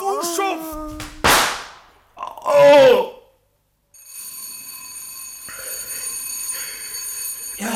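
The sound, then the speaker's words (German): A sharp bang and a short cry give way, after a brief silence, to a bell rung to summon a servant, ringing steadily in a sustained, bright, high-pitched tone that continues to the end. “Sie haben geläutet, Sir.”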